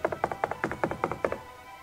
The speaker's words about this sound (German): Mit den Knöcheln der linken Hand klopfte er laut an die Tür.